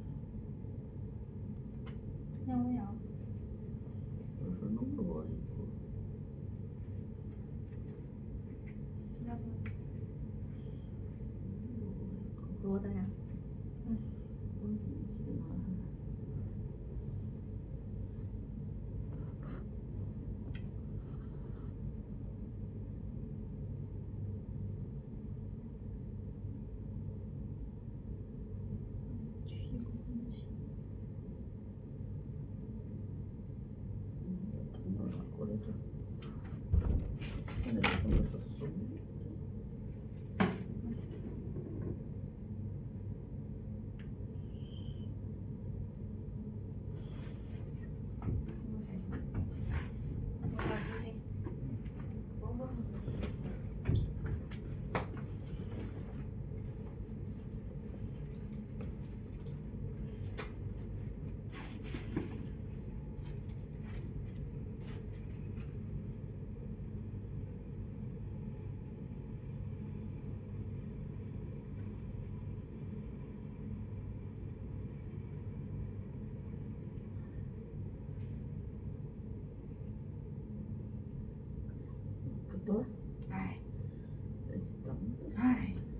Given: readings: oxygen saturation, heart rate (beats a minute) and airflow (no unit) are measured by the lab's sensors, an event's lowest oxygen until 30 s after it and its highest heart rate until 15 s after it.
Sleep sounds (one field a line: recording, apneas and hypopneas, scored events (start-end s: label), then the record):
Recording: a person awake in a sleep study, by a smartphone at the bedside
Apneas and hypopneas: none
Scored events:
0.00-86.00 s: awake
From the record:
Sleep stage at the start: awake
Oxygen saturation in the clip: 95 to 98%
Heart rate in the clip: 47 to 100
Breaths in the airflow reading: 27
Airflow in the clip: -12.6 to 14.6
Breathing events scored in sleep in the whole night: 496 in 5.4 hours asleep